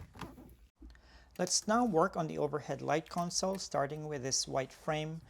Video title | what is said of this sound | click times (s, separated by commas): VW TIGUAN: All you need to know to fix a saggy headliner | and when you hear it click that means it's done | 0.2 s